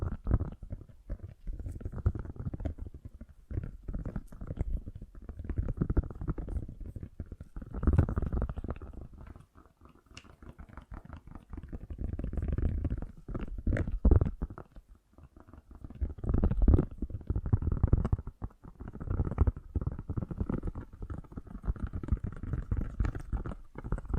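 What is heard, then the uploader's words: Fast, gentle tapping goes on almost without pause: dense, soft, muffled taps with a low, rounded tone and only a few brighter clicks. The pace swells and eases, thinning briefly around ten seconds and again near fifteen before picking back up. ASMR Fast & Gentle Tapping for Sleep 1 Hour (No Talking).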